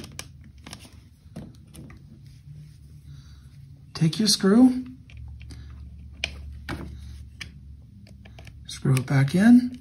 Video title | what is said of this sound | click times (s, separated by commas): How to Replace the Battery in a I-9, E-9, S-Liberator or Scalene Light | on until it pops into place. | 0.2 s